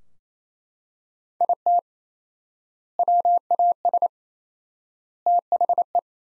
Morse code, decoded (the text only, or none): IT WAS THE